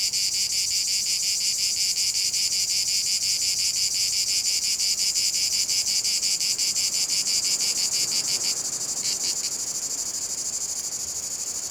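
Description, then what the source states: Cicada song pulsing rapidly, then the pulsed part stops after about eight seconds, leaving a thinner, steadier buzz. Cicadas in a field at Domaine de la Sablière, Saint-Privat-de-Champclos, France; recorded with a Zoom H6 and M/S microphone.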